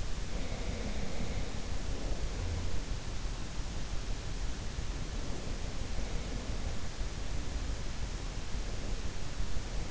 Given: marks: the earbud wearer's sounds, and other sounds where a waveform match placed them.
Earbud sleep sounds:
sounds in sleep by an in-ear microphone; breath
0.00-3.20 s: breath

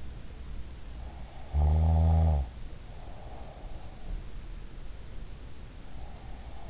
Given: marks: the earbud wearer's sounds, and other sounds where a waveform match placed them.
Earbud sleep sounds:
sounds in sleep by an in-ear microphone; snoring breath
1.34-4.22 s: snoring breath

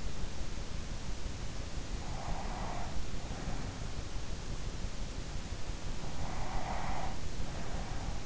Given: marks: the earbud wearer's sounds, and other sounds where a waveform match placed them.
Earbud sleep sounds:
sounds in sleep by an in-ear microphone; breath
2.05-3.87 s: breath
6.12-8.26 s: breath

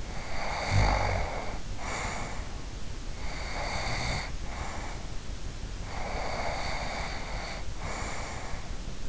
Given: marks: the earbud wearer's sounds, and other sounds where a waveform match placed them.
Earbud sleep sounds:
sounds in sleep by an in-ear microphone; snoring breath, breath
0.00-2.79 s: snoring breath
3.01-5.25 s: breath
5.77-8.96 s: breath

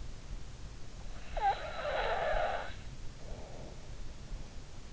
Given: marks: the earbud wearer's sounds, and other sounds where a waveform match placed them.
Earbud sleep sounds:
sounds in sleep by an in-ear microphone; snoring breath
1.33-3.86 s: snoring breath

